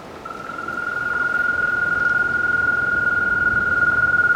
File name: Bufotes boulengeri